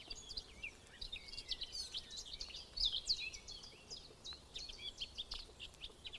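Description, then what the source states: Garden warbler song, a fast, continuous babbling of varied high chirps and twittering notes with no clear pauses, over a soft background hiss. Very fast babbling song with crackling notes, in marsh woodland on former Zuiderzee land, on a warm summer day.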